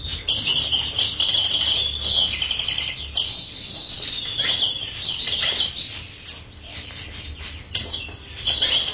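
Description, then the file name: Many birds twittering together in a dense, high-pitched chatter that swells and fades, over a steady low rumble. "uccelli birds"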